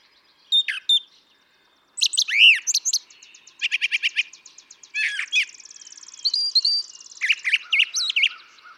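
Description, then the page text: Brown thrasher song with scratchy notes, a loud downslurred whistle, fast trilled runs and a buzzy stretch, the phrases changing every second or so. Same male throughout, one of several selections totalling about three and a quarter hours; repertoire estimated at about 1300 songs; includes imitations of other species; Atlanta, Michigan, 28 March 2017. "Brown thrasher. ♫411. March 28, 2017. Atlanta, Michigan"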